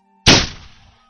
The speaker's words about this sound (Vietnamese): Khẩu súng chĩa ngược lên trời, trong lúc giằng co và đã bị cướp cò. Một tiếng nổ nữa cũng đã xảy ra.